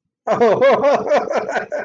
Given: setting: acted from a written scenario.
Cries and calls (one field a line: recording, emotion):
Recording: vocal sound without words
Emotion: elation